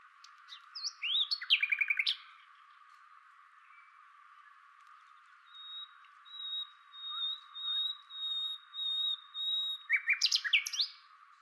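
Common nightingale song: a fast run of repeated clicking notes, then a long, thin, high whistle in pulsed steps, ending in loud rapid repeated notes.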